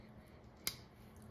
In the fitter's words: until you hear it click